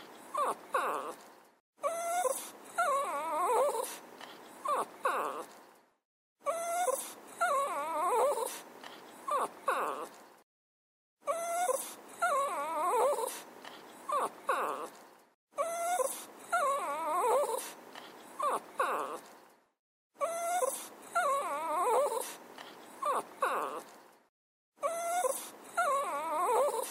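A small dog cries in repeated whimpering bursts, each a few seconds long with sliding high whines, separated by brief silences every four to five seconds.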